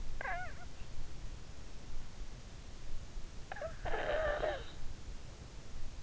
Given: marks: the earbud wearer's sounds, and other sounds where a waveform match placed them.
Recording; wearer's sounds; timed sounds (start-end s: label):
sounds in sleep by an in-ear microphone; snoring breath
0.00-0.71 s: snoring breath
3.39-5.02 s: snoring breath